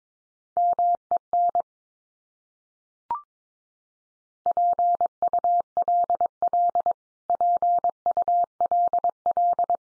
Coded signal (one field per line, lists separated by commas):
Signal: Morse code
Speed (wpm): 22 wpm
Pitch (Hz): 700 Hz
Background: none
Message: MEN PULL PULL